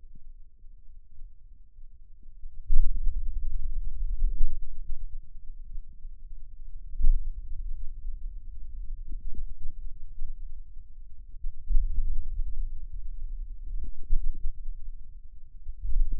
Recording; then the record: forearm muscle sounds (acoustic myography)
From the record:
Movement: hand opening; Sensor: system 2, bracelet of six BSWA MPA416 microphones around the upper forearm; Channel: 6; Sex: male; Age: 22 years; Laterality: right